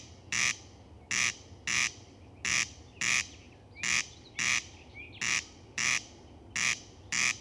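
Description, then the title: Corn Crake rasping, dry scrapes given in pairs, the two bursts of each pair about half a second apart. "Ruisrääkkä"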